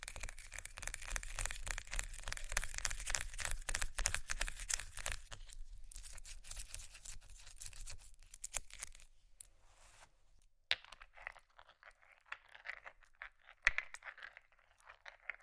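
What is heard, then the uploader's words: Fast, dense tapping and scratching on ice fills the first eight seconds with crisp, bright clicks. After about nine seconds it thins into sparser, softer scrapes and rolling sounds, with a few sharp louder taps near eleven and fourteen seconds. ASMR fast Ice Tapping, Scratching, Rolling (No Talking).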